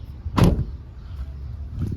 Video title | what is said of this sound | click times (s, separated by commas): How To Replace A PCV Valve On A 2002-2006 Toyota Camry 2.4L | You're gonna hear that click. | 0.4 s